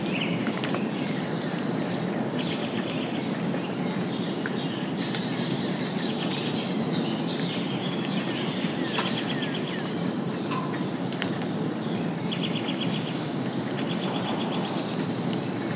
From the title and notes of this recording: Early Morning Rainstorm. It was the tailend of a rainstorm and the wildlife was active. You’ll mostly hear a variety of song birds, the undertones of rolling thunder, and gentle rain blowing through.